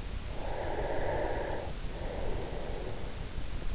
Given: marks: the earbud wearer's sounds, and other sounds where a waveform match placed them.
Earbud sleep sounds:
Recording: sounds in sleep by an in-ear microphone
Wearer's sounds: breath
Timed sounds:
0.32-3.43 s: breath

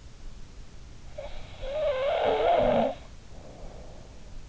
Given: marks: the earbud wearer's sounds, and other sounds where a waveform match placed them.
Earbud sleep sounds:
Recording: sounds in sleep by an in-ear microphone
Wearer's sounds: snoring breath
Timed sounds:
1.13-4.28 s: snoring breath

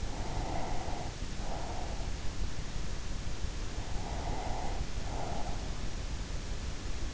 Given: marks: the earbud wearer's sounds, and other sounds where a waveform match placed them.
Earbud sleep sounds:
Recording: sounds in sleep by an in-ear microphone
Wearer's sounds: breath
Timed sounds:
0.17-2.43 s: breath
3.57-5.80 s: breath

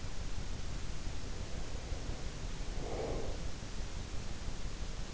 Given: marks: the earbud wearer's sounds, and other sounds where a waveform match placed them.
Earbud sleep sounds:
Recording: sounds in sleep by an in-ear microphone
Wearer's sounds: breath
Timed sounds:
1.09-3.57 s: breath

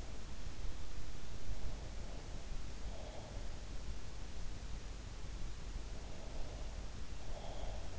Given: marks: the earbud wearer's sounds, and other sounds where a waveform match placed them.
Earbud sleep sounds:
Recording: sounds in sleep by an in-ear microphone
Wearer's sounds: breath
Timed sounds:
1.39-3.71 s: breath
6.11-7.99 s: breath

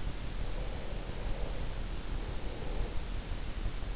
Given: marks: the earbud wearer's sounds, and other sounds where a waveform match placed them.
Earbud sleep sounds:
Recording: sounds in sleep by an in-ear microphone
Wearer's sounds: breath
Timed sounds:
0.25-3.22 s: breath

